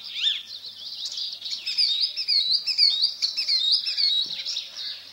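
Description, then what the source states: Icterine warbler with a lively, varied high song of whistled slurs, chirps and chattering notes, delivered continuously. Song made entirely of borrowed fragments; its own characteristic sound is a nasal 'pey'.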